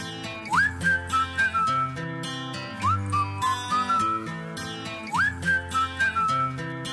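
A bright whistled melody rises with a quick upward slide and then drifts along in short held notes, repeating in phrases over a steady pop beat and backing chords, with no singing.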